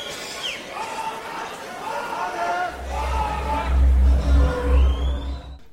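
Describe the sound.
A concert crowd roars and cheers while one fan shouts a band's name repeatedly above the din, a low rumbling hum swelling underneath midway through.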